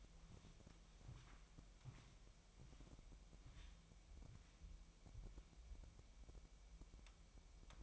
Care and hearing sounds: daily activity, microphone in the room; walk to room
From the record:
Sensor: 1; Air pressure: 1002.0 hPa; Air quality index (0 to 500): 248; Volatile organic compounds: 52 ppm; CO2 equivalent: 3324 ppm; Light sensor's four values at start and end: 6/14/6/6 and 6/15/6/7

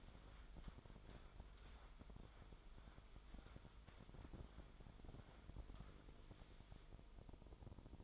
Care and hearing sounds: daily activity, microphone in the room; wipe stove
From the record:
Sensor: 5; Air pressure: 1003.5 hPa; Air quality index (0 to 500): 148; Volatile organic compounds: 2 ppm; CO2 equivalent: 1072 ppm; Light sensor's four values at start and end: 38/85/38/45 and 38/85/38/44

